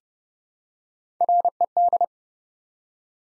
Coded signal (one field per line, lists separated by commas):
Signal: Morse code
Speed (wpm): 30 wpm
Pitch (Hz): 700 Hz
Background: none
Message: RED